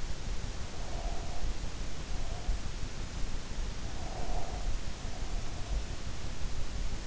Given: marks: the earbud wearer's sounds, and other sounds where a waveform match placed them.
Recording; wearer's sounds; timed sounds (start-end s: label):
sounds in sleep by an in-ear microphone; breath
0.73-2.78 s: breath
3.91-5.89 s: breath